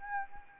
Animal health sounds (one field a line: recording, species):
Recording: mosquito wingbeat signal from an infrared sensor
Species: Anopheles arabiensis